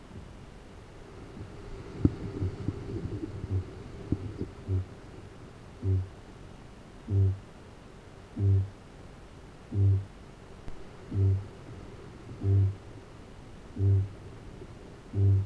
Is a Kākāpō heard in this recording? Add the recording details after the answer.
yes. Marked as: faintness 4/5, faintness 2/5. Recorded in New Zealand. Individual Arab